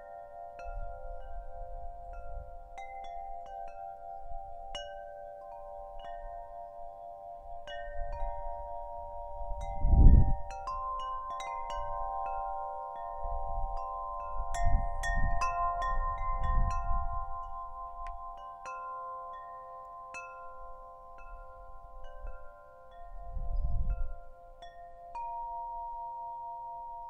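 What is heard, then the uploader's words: Wind chimes ring in a breeze, their clear metal tones striking often and overlapping into a sustained shimmer of long ringing notes. Low rumbling gusts of wind swell and fade throughout, loudest near ten seconds, with further bursts around fifteen and twenty-four seconds. The sound of wind chimes moving in the breeze. Recorded by Meghan Fohl.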